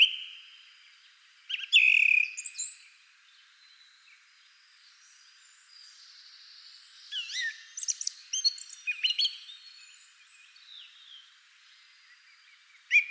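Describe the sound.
Bird calls: a few sharp chirps near the start, then a busy burst of high, varied, quick notes midway, with one more chirp at the very end.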